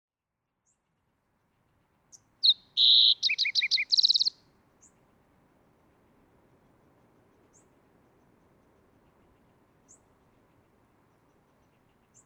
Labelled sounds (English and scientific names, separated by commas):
Green-tailed Towhee (Pipilo chlorurus)